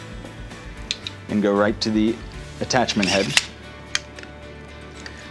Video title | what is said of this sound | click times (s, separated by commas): Senco Screw Gun Attachment -- How To | take your bit place it in the end of the tool and in this case you have to push in until you hear it snap into place | 0.9 s